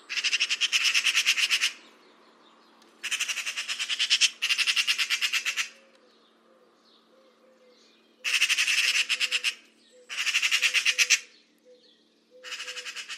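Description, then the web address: Bird produces six loud grating bursts in pairs and singles, each a rapid harsh rattle; soft low piping notes repeat in the background. "Deverinetal 2025 File origin Bird Only"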